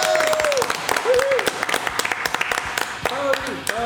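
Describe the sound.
An audience applauds a small rock band as its members are introduced on a radio show, with dense, rapid clapping that continues steadily for several seconds, while voices call out and cheer over the claps.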